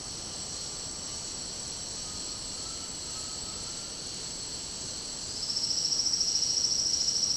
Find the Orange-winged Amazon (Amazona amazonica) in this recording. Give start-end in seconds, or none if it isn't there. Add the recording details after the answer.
none. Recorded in secondary vegetation near Puerto Asís, Putumayo, Colombia, on 19 February 2024 at 08:30. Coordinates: 0.489, -76.322. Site G6419